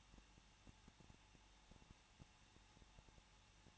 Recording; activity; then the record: daily activity, microphone in the room; no activity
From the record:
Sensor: 1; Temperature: 20.1 degrees Celsius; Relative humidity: 39.2%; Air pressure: 1006.3 hPa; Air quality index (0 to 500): 218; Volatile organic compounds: 77 ppm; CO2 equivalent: 3583 ppm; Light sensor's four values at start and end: 1/2/1/1 and 1/2/1/1